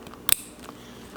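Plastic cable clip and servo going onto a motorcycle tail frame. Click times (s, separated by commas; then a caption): 0.3 s. A black plastic cable clip and the servo are pressed back onto the tail section of a 2026 ZX6R motorcycle after the cables are rerouted. A few faint ticks lead up to one sharp, bright snap at 0.3 s, followed by a few more soft ticks. The clip snaps back on and is seated.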